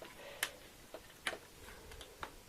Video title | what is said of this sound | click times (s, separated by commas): How to Open Up Samsung Series 7 Ultra for Upgrades | and then i'm bumping into another tab i can feel it and when i release it you can hear the clicky clack so it makes | 0.4 s, 1.3 s